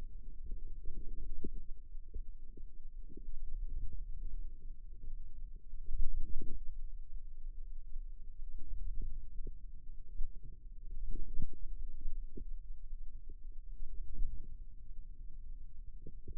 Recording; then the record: forearm muscle sounds (acoustic myography)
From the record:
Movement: hand opening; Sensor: system 2, bracelet of six BSWA MPA416 microphones around the upper forearm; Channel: 2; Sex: female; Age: 22 years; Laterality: right